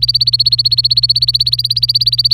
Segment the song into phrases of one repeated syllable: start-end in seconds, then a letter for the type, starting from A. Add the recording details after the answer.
0.00-2.34 A. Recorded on 25 April 2018 at 16:31. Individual llb3